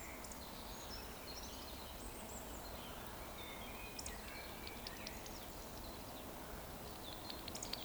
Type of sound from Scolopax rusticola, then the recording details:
whistle. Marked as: whistle, whistle, whistle. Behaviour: display flight. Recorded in Baden-Württemberg, Germany, on 15 June 2020 at 20:01 UTC. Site 14569, 102 m above sea level